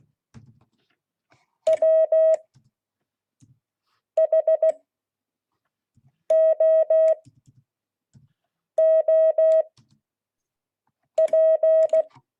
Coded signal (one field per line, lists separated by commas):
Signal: Morse code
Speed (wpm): 16 wpm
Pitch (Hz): 640 Hz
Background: none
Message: WHOOP